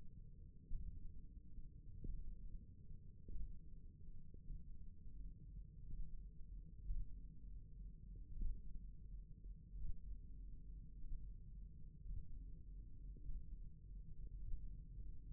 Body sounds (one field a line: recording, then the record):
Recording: forearm muscle sounds (acoustic myography)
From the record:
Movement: thumb flexion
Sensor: system 1, eight BSWA MPA416 microphones around the upper forearm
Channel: 1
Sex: male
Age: 23 years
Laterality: right